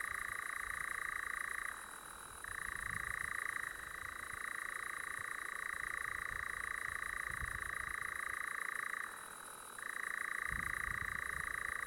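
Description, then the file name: European nightjar giving a sustained rattling churr, twice dropping in pitch and loudness for about half a second. "chant engoulevent deurope credit krzysztof stasiak"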